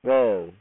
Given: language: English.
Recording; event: throat vibration sensor signal played as sound; speech